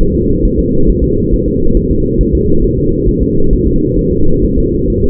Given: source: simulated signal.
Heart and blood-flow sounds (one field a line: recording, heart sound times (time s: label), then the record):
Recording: fetal heart sounds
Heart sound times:
0.01 s: S1
0.15 s: S2
0.45 s: S1
0.59 s: S2
0.89 s: S1
1.04 s: S2
1.34 s: S1
1.48 s: S2
1.77 s: S1
1.91 s: S2
2.21 s: S1
2.35 s: S2
2.64 s: S1
2.78 s: S2
3.09 s: S1
3.23 s: S2
3.53 s: S1
3.67 s: S2
3.99 s: S1
4.13 s: S2
4.44 s: S1
4.59 s: S2
4.90 s: S1
5.04 s: S2
From the record:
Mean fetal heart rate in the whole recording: 135 bpm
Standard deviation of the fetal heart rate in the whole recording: 3 bpm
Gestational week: 36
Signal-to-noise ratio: -17.7 dB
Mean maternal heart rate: 72 bpm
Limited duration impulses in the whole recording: present